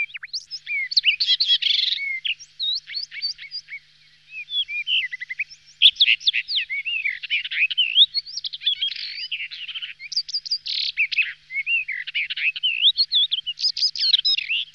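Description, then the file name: Common rock thrush song, a long, varied warble of fluty slurred whistles and rapid chattering phrases with a brief pause near four seconds. "skalník-zpěvný"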